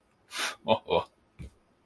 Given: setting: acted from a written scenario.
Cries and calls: vocal sound without words; triumph

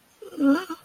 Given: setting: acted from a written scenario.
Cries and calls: vocal sound without words; sadness

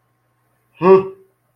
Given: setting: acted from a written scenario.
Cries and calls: vocal sound without words; contempt

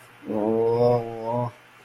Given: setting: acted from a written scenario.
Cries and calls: vocal sound without words; shame

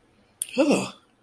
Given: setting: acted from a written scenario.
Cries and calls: vocal sound without words; disgust

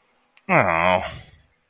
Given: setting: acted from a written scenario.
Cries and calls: vocal sound without words; disappointment

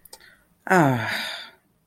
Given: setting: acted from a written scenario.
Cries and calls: vocal sound without words; contempt

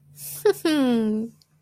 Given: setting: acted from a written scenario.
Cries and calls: vocal sound without words; pride

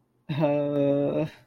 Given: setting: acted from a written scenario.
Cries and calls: vocal sound without words; embarrassment

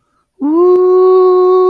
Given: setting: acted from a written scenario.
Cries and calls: vocal sound without words; elation

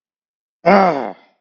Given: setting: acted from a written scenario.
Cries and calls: vocal sound without words; anger

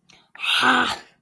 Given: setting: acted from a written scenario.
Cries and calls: vocal sound without words; anger

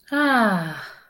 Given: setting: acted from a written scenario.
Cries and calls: vocal sound without words; ecstasy

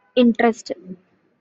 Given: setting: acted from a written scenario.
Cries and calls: vocal sound without words; interest

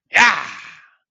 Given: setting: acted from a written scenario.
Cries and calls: vocal sound without words; triumph

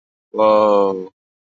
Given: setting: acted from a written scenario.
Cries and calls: vocal sound without words; awe

